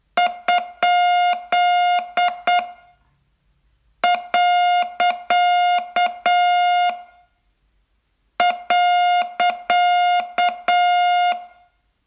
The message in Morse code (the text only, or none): ?..